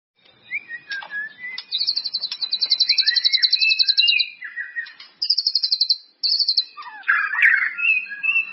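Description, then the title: White-rumped Shama song mixing brief whistles with long, rapid, buzzy rattling trills, then a harsher burst of notes near the end. "murai batu"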